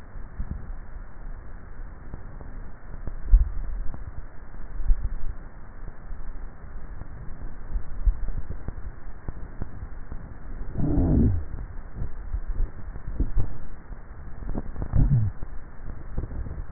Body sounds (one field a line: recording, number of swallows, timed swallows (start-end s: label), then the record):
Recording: swallowing sounds by neck microphone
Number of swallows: 4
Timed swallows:
3.18-4.05 s: swallow
4.88-5.45 s: swallow
7.95-8.78 s: swallow
12.22-12.98 s: swallow
From the record:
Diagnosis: dysphagia